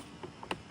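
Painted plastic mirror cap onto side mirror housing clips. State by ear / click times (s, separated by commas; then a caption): seated / 0.5 s. A painted plastic mirror cap, a $25 part, is pressed by hand onto the four new retaining clips on the side mirror housing of a Ford F150 truck. Two faint ticks come at 0.2 and 0.4 seconds, then a sharp, bright snap at 0.5 seconds. The cap is seated on the clips.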